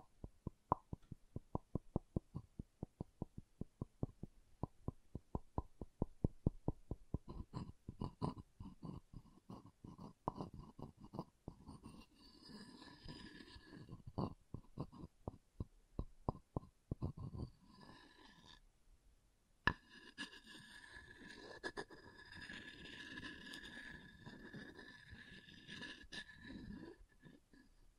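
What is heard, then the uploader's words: Wooden ASMR triggers: quick, regular taps on wood fill the first half, crisp and evenly spaced, then loosen into scattered knocks. After a short pause near 19 seconds, a single sharp knock leads into steady scratching and rubbing with a faint ringing edge. ASMR Calming Wood Triggers for Sleep (No Talking).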